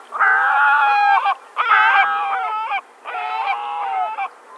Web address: Great Black-backed Gull